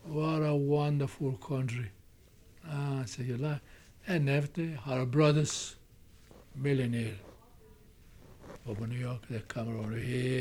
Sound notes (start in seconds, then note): none